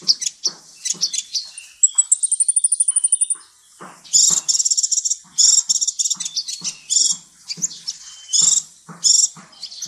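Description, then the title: Oriental magpie-robin song, high, dense and scratchy, with a fast even trill of short notes midway and sharp clicks between phrases. "Kicau Kacer"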